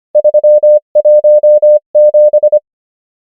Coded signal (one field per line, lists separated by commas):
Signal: Morse code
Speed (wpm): 25 wpm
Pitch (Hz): 600 Hz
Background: none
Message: 317